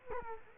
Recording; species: mosquito wingbeat signal from an infrared sensor; Culex quinquefasciatus